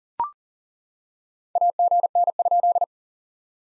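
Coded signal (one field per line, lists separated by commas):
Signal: Morse code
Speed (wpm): 40 wpm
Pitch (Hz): 700 Hz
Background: none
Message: AGN?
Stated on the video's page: POTA exchange practice drill in Morse at 40 wpm, each exchange sent, spoken, then sent again.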